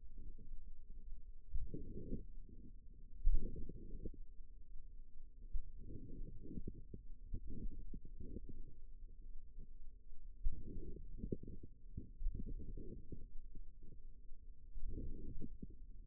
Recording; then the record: forearm muscle sounds (acoustic myography)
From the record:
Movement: outward rotation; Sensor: system 2, bracelet of six BSWA MPA416 microphones around the upper forearm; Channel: 4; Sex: female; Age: 22 years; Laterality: right